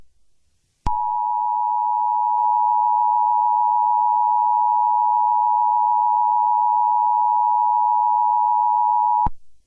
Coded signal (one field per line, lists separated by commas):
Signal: Emergency Alert System (SAME) tones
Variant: 853 and 960 Hz attention tone